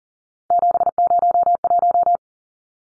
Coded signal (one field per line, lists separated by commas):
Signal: Morse code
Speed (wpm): 40 wpm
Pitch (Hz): 700 Hz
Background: none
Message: 701